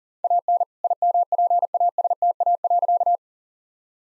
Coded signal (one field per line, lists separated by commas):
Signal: Morse code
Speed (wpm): 37 wpm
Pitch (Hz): 700 Hz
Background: none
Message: AN IMPASTA.